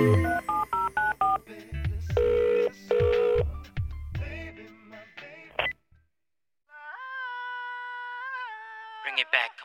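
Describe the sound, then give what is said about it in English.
A quick run of telephone keypad dialing tones, short steady beeps at shifting pitches, sounds over thumping beats, followed by a pause and a long sustained, wavering melodic note. “When you're all alone, pick up your phone and dial.”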